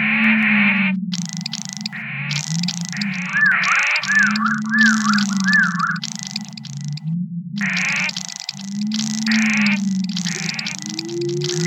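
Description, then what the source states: Bird calls: loud harsh buzzy bursts repeated rapidly, with a run of brief rising-falling chirps, over a low droning hum. Recorded in Crete.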